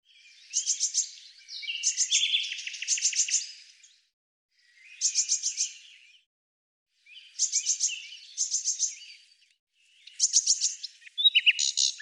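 Eurasian blue tit calls in repeated churring bursts of fast high notes, about every two to three seconds, with a silent background.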